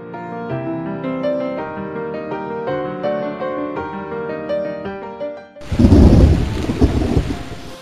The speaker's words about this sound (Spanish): Afuera llovía muchísimo.